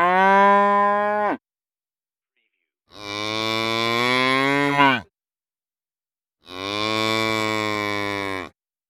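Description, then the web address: Cow mooing: three long, loud, droning moos separated by short silences. "the-sound-pack-tree -cow moos"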